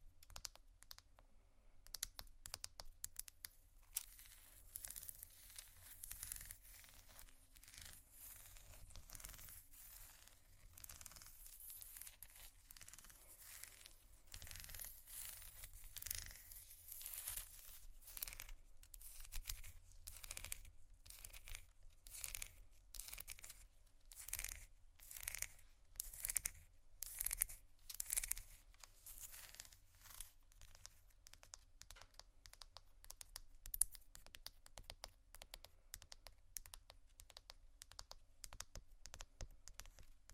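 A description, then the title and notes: Quick, irregular tapping and scratching on glass and bamboo runs the whole way through, a dense patter of bright, crisp clicks. The taps crowd closer and grow louder in the middle stretch, with rougher scratching bursts, then thin out slightly toward the end. Tapping, water, scratching, glass, bamboo.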